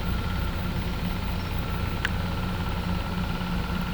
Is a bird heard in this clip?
no